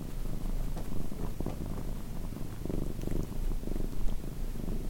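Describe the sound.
Cat purring, a steady low rumbling purr throughout with a faint rhythmic pulsing, no other clear sounds.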